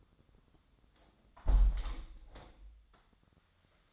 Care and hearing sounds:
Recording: daily activity, microphone in the room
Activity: close window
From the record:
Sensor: 3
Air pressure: 1006.3 hPa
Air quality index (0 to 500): 186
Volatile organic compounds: 12 ppm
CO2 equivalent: 2362 ppm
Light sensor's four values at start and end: 10/23/9/9 and 9/23/9/9

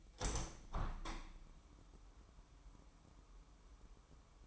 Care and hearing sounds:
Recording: daily activity, microphone in the room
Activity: open window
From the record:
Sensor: 1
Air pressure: 998.7 hPa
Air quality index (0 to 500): 120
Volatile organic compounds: 3 ppm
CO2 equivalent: 1441 ppm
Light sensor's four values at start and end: 7/17/7/8 and 8/18/7/9

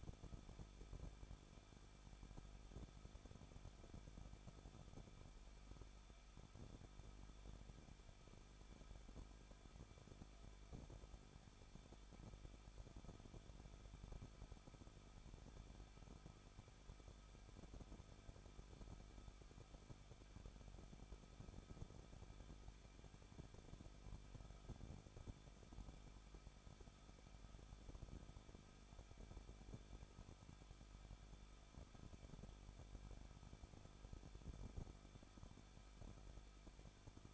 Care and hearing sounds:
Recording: daily activity, microphone in the room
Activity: no activity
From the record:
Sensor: 5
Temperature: 20.9 degrees Celsius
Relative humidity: 38.2%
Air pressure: 1006.4 hPa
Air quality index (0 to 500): 187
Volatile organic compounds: 18 ppm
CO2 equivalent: 2625 ppm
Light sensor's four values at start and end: 2/3/1/1 and 2/3/1/1

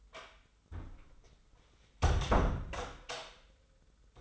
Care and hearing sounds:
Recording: daily activity, microphone in the room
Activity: close door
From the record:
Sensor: 3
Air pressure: 996.1 hPa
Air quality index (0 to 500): 39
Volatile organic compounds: 1 ppm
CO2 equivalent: 696 ppm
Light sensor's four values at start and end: 14/34/14/15 and 14/33/14/14

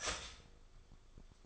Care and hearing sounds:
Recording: daily activity, microphone in the room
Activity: start toaster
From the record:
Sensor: 5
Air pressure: 1004.3 hPa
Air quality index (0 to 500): 170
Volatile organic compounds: 4 ppm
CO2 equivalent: 1600 ppm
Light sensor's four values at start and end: 33/108/40/41 and 33/108/40/41

